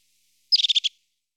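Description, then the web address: European crested tit, one short phrase of several fast, buzzy pulses, then silence. "IVN Zangvogels. Kuifmees"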